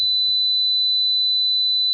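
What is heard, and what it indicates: A steady, piercing high-pitched pure tone at 4000 Hz holds evenly for about two seconds, after a brief faint low rumble at the start. It is a hearing test tone. With age the ear begins to lose the highest pitches, from about 2000 to 4000 Hz (presbycusis).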